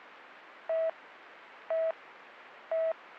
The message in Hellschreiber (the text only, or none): none